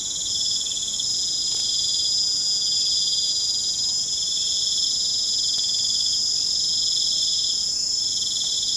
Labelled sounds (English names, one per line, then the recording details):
none
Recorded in pastures near Puerto Asís, Putumayo, Colombia, on 29 June 2025 at 20:30
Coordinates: 0.472, -76.331
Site G095